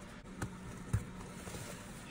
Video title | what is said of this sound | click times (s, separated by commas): PVC Valve Replacement Toyota Prius Hybrid 2010-2015 | hear it click like so | 0.4 s